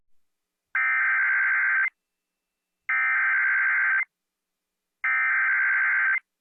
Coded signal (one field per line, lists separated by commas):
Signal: Emergency Alert System (SAME) tones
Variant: header bursts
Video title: EAS - Yippee-ki-Yuma